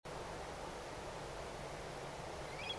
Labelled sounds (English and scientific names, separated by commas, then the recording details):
Eurasian Stone-curlew (Burhinus oedicnemus), unidentified sound
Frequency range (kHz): Eurasian Stone-curlew (Burhinus oedicnemus) 1.9-5.9 kHz
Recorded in France